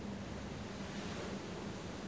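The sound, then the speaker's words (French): Wind gusts along coastal cliffs make a steady, broad rushing roar that blends with a surf-like wash. It holds at an even loudness throughout, with no voices. “Je vois dans les bourrasques du vent, au creux des falaises à l'abri, trembler des milliers de papillons.”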